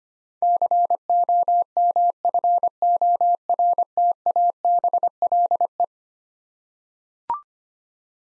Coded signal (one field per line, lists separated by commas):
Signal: Morse code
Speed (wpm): 25 wpm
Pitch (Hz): 700 Hz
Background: none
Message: COMFORTABLE